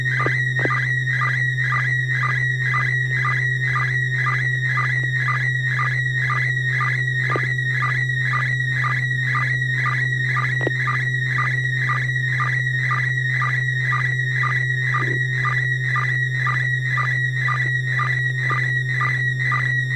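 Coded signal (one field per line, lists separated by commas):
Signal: SSTV (slow-scan television)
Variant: PD120 mode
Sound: warbling, chirping tone with a steady rhythmic tick about twice a second over a low hum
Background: low mains hum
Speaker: we'll start out with our first image of the evening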